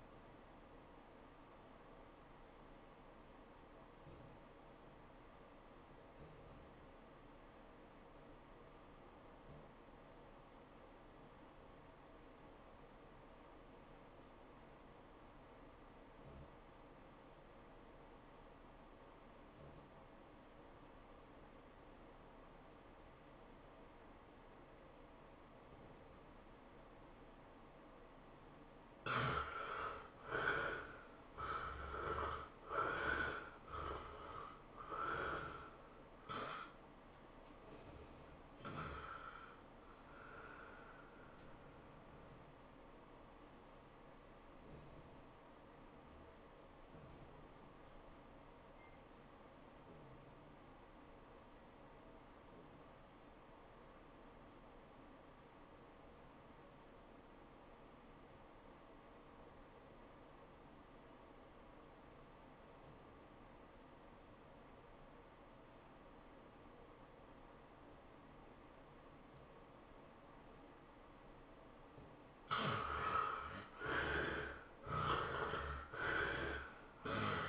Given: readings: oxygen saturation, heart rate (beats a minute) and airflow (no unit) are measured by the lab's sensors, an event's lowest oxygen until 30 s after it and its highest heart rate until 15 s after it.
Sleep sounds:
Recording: breathing in sleep by a voice recorder at the bedside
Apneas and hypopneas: 2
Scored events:
5.00-30.50 s: obstructive apnea (REM, oxygen 94% highest, then 74% lowest, heart rate 96 at the start, 112 highest)
47.00-72.50 s: obstructive apnea (REM, oxygen 97% highest, then 72% lowest, heart rate 100 at the start, 112 highest)
From the record:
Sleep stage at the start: REM sleep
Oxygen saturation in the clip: 73 to 97%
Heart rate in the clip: 84 to 112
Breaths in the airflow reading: 9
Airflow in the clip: -13.9 to 10.3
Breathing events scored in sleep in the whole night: 403 in 5.5 hours asleep

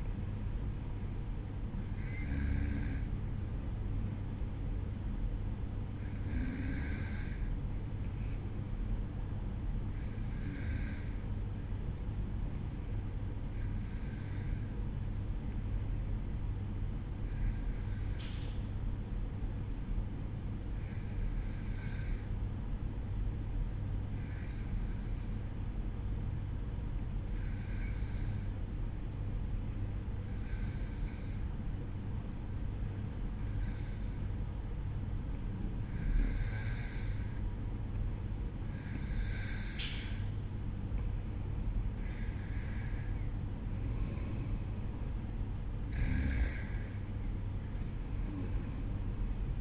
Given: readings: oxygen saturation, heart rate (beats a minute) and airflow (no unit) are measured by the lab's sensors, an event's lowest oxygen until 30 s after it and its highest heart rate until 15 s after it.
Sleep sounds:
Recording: breathing in sleep by a smartphone at the bedside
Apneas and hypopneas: 1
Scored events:
10.00-42.30 s: hypopnea (N2, oxygen 95% highest, then 92% lowest, heart rate 52 at the start, 58 highest)
From the record:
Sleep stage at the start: N2 (light sleep)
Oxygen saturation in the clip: 93 to 95%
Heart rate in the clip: 52 to 57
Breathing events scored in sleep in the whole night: 305 in 9.6 hours asleep

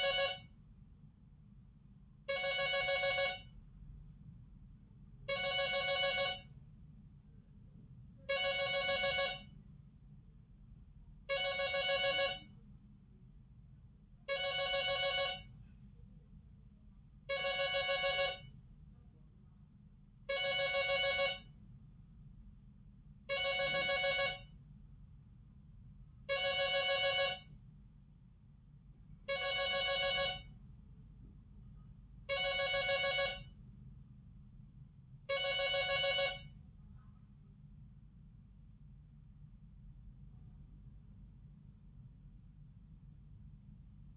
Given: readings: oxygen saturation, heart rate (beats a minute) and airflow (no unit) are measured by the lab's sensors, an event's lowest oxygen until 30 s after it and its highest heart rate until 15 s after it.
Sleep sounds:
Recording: a person awake in a sleep study, by a smartphone at the bedside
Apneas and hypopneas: none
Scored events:
0.00-44.17 s: awake
From the record:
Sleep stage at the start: awake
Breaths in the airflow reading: 14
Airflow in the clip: -0.7 to 0.6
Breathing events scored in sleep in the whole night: 270 in 6.1 hours asleep

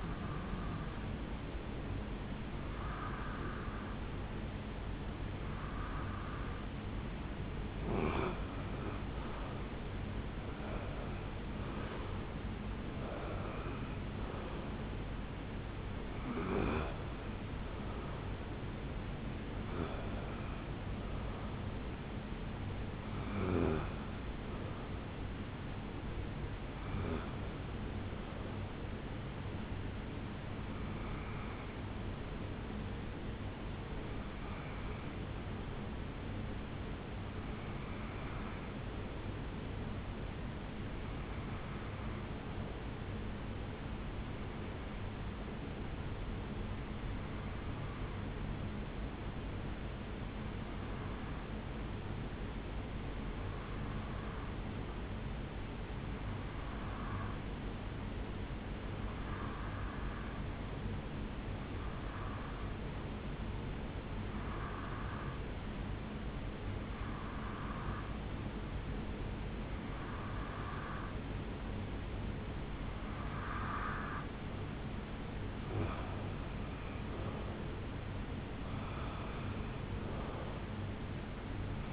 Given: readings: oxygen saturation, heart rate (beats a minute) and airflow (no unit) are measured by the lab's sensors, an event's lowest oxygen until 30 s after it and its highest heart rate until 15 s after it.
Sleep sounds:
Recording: breathing in sleep by a voice recorder at the bedside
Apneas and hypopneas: 1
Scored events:
10.00-40.00 s: new sleep stage, N1 (lightest sleep)
39.00-74.50 s: hypopnea (N1, oxygen 96% highest, then 91% lowest, heart rate 69 at the start, 74 highest)
40.00-81.93 s: new sleep stage, REM sleep
From the record:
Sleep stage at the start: REM sleep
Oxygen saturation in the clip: 86 to 96%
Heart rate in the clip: 65 to 79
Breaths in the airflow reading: 26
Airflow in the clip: -9.4 to 6.3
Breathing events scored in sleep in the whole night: 449 in 7.0 hours asleep

